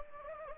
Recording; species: mosquito wingbeat signal from an infrared sensor; Anopheles gambiae